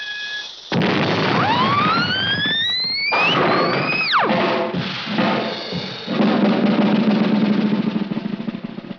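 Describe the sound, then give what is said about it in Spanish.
A cartoon explosion: a rising whistle climbs, then swoops down sharply into a loud, sustained rumbling blast that roars on for several seconds with no voices. “¡Por todos los cielos, qué explosión!”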